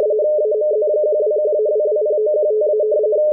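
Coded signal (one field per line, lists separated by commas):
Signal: RTTY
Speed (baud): 45.45 baud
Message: AMZ121-220915-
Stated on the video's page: WLO coast station marine weather report in RTTY-45, received at 8473 kHz on a WebSDR.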